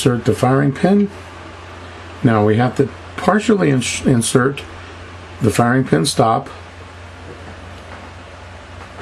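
A steel firing pin stop is partly inserted into the slide of a 1911-style pistol, leaving room to press the firing pin in. Someone talks over a steady low hum, with no distinct handling clicks. Nothing has seated or clicked yet.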